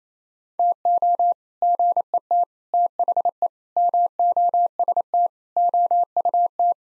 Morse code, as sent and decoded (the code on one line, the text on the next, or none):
- --- / --. . - / - .... . / -- --- ... - / --- ..- -
TO GET THE MOST OUT